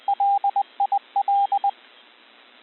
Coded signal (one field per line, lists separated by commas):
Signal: Morse code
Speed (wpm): 20 wpm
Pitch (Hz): 800 Hz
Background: radio noise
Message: LIL